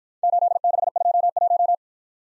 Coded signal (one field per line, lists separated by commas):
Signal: Morse code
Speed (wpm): 53 wpm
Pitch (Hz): 700 Hz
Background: none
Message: 8621